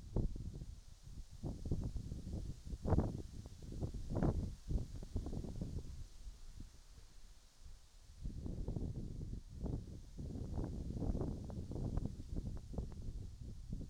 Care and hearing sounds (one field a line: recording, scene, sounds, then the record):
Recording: everyday scene through a hearing-aid microphone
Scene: wind on the microphone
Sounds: wind, whistling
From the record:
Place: in front of a rural house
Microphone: in the ear canal, right